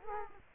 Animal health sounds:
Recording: mosquito wingbeat signal from an infrared sensor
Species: Culex quinquefasciatus

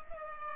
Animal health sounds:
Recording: mosquito wingbeat signal from an infrared sensor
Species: Culex pipiens

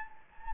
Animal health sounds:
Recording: mosquito wingbeat signal from an infrared sensor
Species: Anopheles gambiae

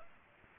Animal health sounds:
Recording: mosquito wingbeat signal from an infrared sensor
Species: Aedes aegypti

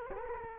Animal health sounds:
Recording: mosquito wingbeat signal from an infrared sensor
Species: Culex quinquefasciatus

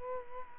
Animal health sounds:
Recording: mosquito wingbeat signal from an infrared sensor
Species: Culex quinquefasciatus

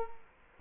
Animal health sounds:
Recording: mosquito wingbeat signal from an infrared sensor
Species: Culex quinquefasciatus

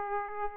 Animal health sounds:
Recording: mosquito wingbeat signal from an infrared sensor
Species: Aedes aegypti

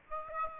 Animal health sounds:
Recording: mosquito wingbeat signal from an infrared sensor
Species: Aedes aegypti

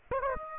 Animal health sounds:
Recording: mosquito wingbeat signal from an infrared sensor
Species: Aedes aegypti

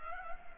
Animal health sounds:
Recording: mosquito wingbeat signal from an infrared sensor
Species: Culex pipiens

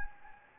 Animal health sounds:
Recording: mosquito wingbeat signal from an infrared sensor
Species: Anopheles gambiae

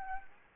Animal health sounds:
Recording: mosquito wingbeat signal from an infrared sensor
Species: Anopheles gambiae

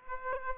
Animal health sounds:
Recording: mosquito wingbeat signal from an infrared sensor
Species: Aedes aegypti

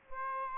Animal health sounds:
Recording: mosquito wingbeat signal from an infrared sensor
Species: Aedes albopictus

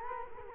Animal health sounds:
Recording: mosquito wingbeat signal from an infrared sensor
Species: Culex quinquefasciatus

